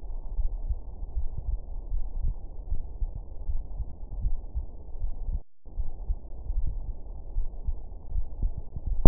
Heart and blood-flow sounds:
heart sounds
0.00	0.36	diastole
0.36	0.46	S1
0.46	0.65	systole
0.65	0.72	S2
0.72	1.16	diastole
1.16	1.27	S1
1.27	1.48	systole
1.48	1.57	S2
1.57	1.91	diastole
1.91	2.04	S1
2.04	2.21	systole
2.21	2.32	S2
2.32	2.69	diastole
2.69	2.81	S1
2.81	2.99	systole
2.99	3.07	S2
3.07	3.47	diastole
3.47	3.57	S1
3.57	3.76	systole
3.76	3.83	S2
3.83	4.23	diastole
4.23	4.32	S1
4.32	4.52	systole
4.52	4.61	S2
4.61	4.99	diastole
4.99	5.10	S1
5.10	5.27	systole
5.27	5.39	S2
5.39	5.78	diastole
5.78	5.90	S1
5.90	6.06	systole
6.06	6.15	S2
6.15	6.51	diastole
6.51	6.63	S1
6.63	6.84	systole
6.84	6.93	S2
6.93	7.34	diastole
7.34	7.45	S1
7.45	7.66	systole
7.66	7.75	S2
7.75	8.14	diastole
8.14	8.26	S1
8.26	8.40	systole
8.40	8.49	S2
8.49	8.85	diastole
8.85	8.96	S1
8.96	9.08	systole
From the record:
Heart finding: coronary artery disease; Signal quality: good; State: rest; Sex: female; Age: 75 years

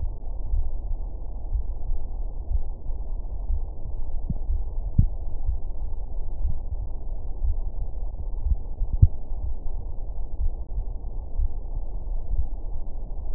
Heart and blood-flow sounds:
heart sounds
not marked
From the record:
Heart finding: coronary artery disease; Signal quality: poor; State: rest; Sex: male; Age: 71 years

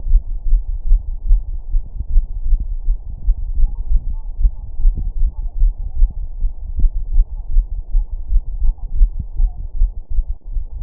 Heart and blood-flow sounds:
heart sounds
0.00	0.06	diastole
0.06	0.16	S1
0.16	0.30	systole
0.30	0.36	S2
0.36	0.47	diastole
0.47	0.58	S1
0.58	0.66	systole
0.66	0.73	S2
0.73	0.86	diastole
0.86	0.95	S1
0.95	1.07	systole
1.07	1.12	S2
1.12	1.28	diastole
1.28	1.34	S1
1.34	1.47	systole
1.47	1.54	S2
1.54	1.69	diastole
1.69	1.78	S1
1.78	1.92	systole
1.92	2.01	S2
2.01	2.10	diastole
2.10	2.19	S1
2.19	2.28	systole
2.28	2.35	S2
2.35	2.44	diastole
2.44	2.54	S1
2.54	2.64	systole
2.64	2.71	S2
2.71	2.88	diastole
2.88	2.96	S1
2.96	3.01	systole
3.01	3.10	S2
3.10	3.23	diastole
3.23	3.31	S1
3.31	3.44	systole
3.44	3.50	S2
3.50	3.57	diastole
3.57	3.65	S1
3.65	3.74	systole
3.74	3.80	S2
3.80	3.90	diastole
3.90	3.96	S1
3.96	4.07	systole
4.07	4.14	S2
4.14	4.38	diastole
4.38	4.45	S1
4.45	4.57	systole
4.57	4.64	S2
4.64	4.81	diastole
4.81	4.89	S1
4.89	4.97	systole
4.97	5.05	S2
5.05	5.17	diastole
5.17	5.25	S1
5.25	5.39	systole
5.39	5.50	S2
5.50	5.57	diastole
5.57	5.67	S1
5.67	5.77	systole
5.77	5.84	S2
5.84	5.96	diastole
5.96	6.05	S1
6.05	6.17	systole
6.17	6.24	S2
6.24	6.38	diastole
6.38	6.46	S1
6.46	6.56	systole
6.56	6.62	S2
6.62	6.79	diastole
6.79	6.86	S1
6.86	6.92	systole
6.92	6.97	S2
6.97	7.12	diastole
7.12	7.21	S1
7.21	7.32	systole
7.32	7.39	S2
7.39	7.51	diastole
7.51	7.59	S1
7.59	7.74	systole
7.74	7.79	S2
7.79	7.94	diastole
7.94	8.01	S1
8.01	8.12	systole
8.12	8.17	S2
8.17	8.30	diastole
8.30	8.36	S1
8.36	8.45	systole
8.45	8.51	S2
8.51	8.63	diastole
8.63	8.69	S1
8.69	8.79	systole
8.79	8.85	S2
8.85	8.94	diastole
8.94	9.04	S1
9.04	9.13	systole
9.13	9.18	S2
9.18	9.37	diastole
9.37	9.45	S1
9.45	9.56	systole
9.56	9.63	S2
9.63	9.76	diastole
9.76	9.82	S1
9.82	9.94	systole
9.94	10.01	S2
10.01	10.13	diastole
10.13	10.19	S1
10.19	10.31	systole
10.31	10.35	S2
10.35	10.53	diastole
10.53	10.60	S1
10.60	10.72	systole
10.72	10.80	S2
10.80	10.83	diastole
From the record:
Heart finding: coronary artery disease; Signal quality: good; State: rest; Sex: female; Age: 68 years

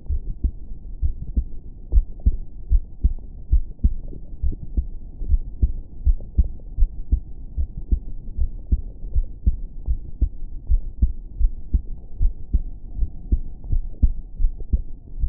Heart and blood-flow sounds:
heart sounds
0.00	0.10	diastole
0.10	0.22	S1
0.22	0.44	systole
0.44	0.56	S2
0.56	1.00	diastole
1.00	1.14	S1
1.14	1.36	systole
1.36	1.48	S2
1.48	1.92	diastole
1.92	2.06	S1
2.06	2.26	systole
2.26	2.36	S2
2.36	2.70	diastole
2.70	2.82	S1
2.82	3.04	systole
3.04	3.16	S2
3.16	3.52	diastole
3.52	3.64	S1
3.64	3.84	systole
3.84	3.98	S2
3.98	4.42	diastole
4.42	4.54	S1
4.54	4.76	systole
4.76	4.88	S2
4.88	5.26	diastole
5.26	5.42	S1
5.42	5.62	systole
5.62	5.72	S2
5.72	6.06	diastole
6.06	6.18	S1
6.18	6.38	systole
6.38	6.48	S2
6.48	6.80	diastole
6.80	6.90	S1
6.90	7.10	systole
7.10	7.20	S2
7.20	7.56	diastole
7.56	7.68	S1
7.68	7.90	systole
7.90	8.00	S2
8.00	8.38	diastole
8.38	8.50	S1
8.50	8.70	systole
8.70	8.80	S2
8.80	9.14	diastole
9.14	9.26	S1
9.26	9.46	systole
9.46	9.56	S2
9.56	9.88	diastole
9.88	10.00	S1
10.00	10.20	systole
10.20	10.30	S2
10.30	10.68	diastole
10.68	10.82	S1
10.82	11.02	systole
11.02	11.12	S2
11.12	11.40	diastole
11.40	11.52	S1
11.52	11.72	systole
11.72	11.82	S2
11.82	12.20	diastole
12.20	12.32	S1
12.32	12.52	systole
12.52	12.62	S2
12.62	12.98	diastole
12.98	13.10	S1
13.10	13.30	systole
13.30	13.40	S2
13.40	13.70	diastole
13.70	13.84	S1
13.84	14.02	systole
14.02	14.12	S2
14.12	14.40	diastole
14.40	14.52	S1
14.52	14.72	systole
14.72	14.82	S2
14.82	15.18	diastole
15.18	15.29	S1
From the record:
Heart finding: normal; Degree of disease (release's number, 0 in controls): 0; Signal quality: good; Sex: female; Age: 18 years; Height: 1.68 m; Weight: 55 kg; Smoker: yes

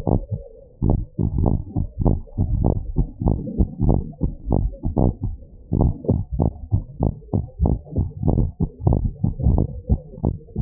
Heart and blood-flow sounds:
heart sounds
not marked
From the record:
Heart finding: abnormal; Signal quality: poor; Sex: female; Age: 65 years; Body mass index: 30.8

